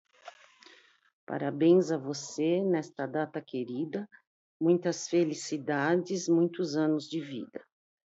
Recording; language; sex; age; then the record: short text; Brazilian Portuguese; female; 50 to 59 years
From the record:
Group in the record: control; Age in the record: 53 years